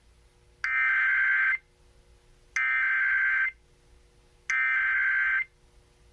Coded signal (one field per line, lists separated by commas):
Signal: Emergency Alert System (SAME) tones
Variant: header bursts